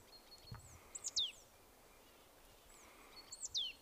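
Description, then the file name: Marsh tit uttering two quick, thin call notes that drop sharply in pitch, a couple of seconds apart, against a quiet hissing background. "Poecile palustris"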